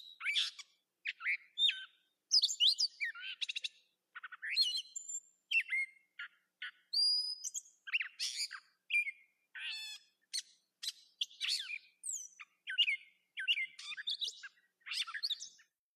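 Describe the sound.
Catbird pouring out a long, rambling medley of scratchy, squeaky and whistled notes, each phrase different, barely pausing over the whole stretch.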